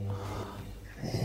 Adelaide's Greatest Snorer. That's got foghorn about it. It sounds exactly like a ship's horn. He's pretty loud.